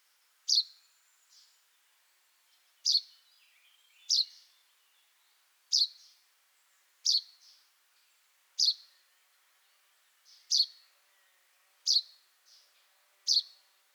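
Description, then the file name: Common chaffinch repeating a sharp, high chip note nine times at irregular intervals, with fainter softer notes in between. "Fringilla coelebs"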